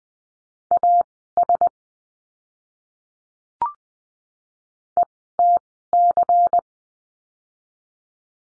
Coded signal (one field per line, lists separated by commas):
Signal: Morse code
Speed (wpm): 20 wpm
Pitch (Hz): 700 Hz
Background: none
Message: AS ETC